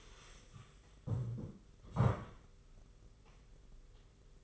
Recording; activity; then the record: daily activity, microphone in the room; stand up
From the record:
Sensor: 4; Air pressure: 991.3 hPa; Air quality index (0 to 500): 138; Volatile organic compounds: 57 ppm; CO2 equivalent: 3383 ppm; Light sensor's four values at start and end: 24/77/28/29 and 23/77/28/29